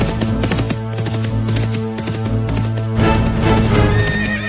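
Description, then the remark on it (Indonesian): A horse whinnies while hooves clip-clop in a steady rhythm as two royal officials ride horses up to a house, the sound growing fuller and louder toward the end, with a low droning tone running underneath throughout. “Hingga pada suatu hari, datanglah ke rumah Riot itu 2 orang punggawa kerajaan dengan menunggang kuda.”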